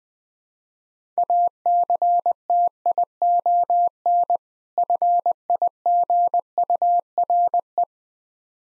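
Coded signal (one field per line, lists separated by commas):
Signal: Morse code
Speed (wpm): 21 wpm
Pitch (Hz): 700 Hz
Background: none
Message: ACTION FIGURE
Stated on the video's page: Morse practice of difficult words at 20 wpm with contextual hints.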